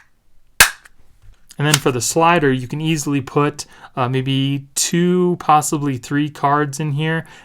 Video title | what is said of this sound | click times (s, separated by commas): Best And Worst Cases For Samsung Galaxy S22 Ultra | or if you want to watch some YouTube videos you can do that as well in landscape and then it just clicks back into place | 0.6 s